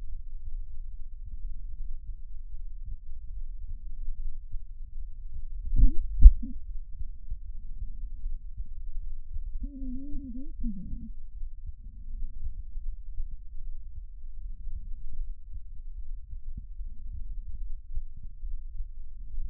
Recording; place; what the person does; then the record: lung sounds by stethoscope; right anterior apical chest; quiet breathing, then cough and speech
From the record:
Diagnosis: interstitial lung disease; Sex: female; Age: 61 years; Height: 155 cm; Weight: 75.5 kg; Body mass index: 31.4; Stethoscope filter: bell mode